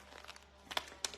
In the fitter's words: push that okay so now it's locked into place